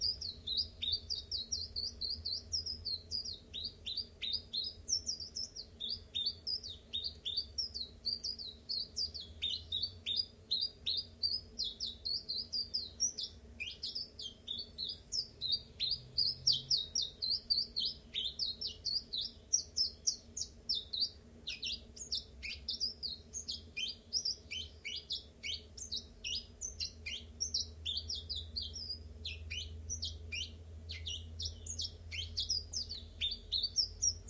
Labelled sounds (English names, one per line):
Common Chiffchaff